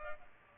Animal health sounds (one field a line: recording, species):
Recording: mosquito wingbeat signal from an infrared sensor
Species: Culex pipiens